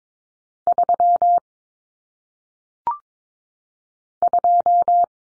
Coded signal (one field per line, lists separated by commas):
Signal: Morse code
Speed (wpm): 22 wpm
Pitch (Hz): 700 Hz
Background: none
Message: 3 2